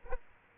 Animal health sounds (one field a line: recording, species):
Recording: mosquito wingbeat signal from an infrared sensor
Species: Aedes aegypti